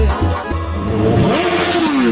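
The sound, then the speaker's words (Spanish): A motorcycle engine revs loudly, starting as a low, steady rumble before its pitch climbs sharply in a single rising whine that holds near the end. “Yo tengo una moto, ¿qué te pasa, pelotudo?”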